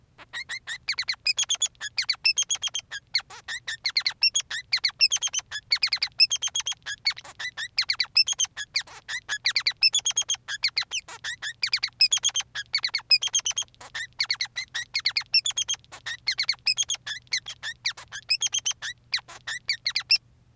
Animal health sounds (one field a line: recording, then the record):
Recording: song of a male Bengalese finch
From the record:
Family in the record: son of father 3